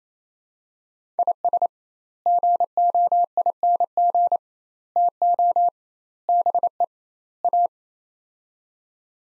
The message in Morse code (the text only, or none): IS GOING TO BE A